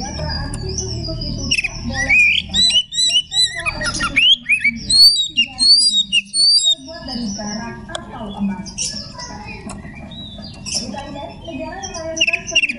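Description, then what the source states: Oriental magpie-robin song with a busy mix of whistled slurs, chips and buzzy notes, fading into low hum and scattered faint notes. Magpie-robin singing in the ngekek style.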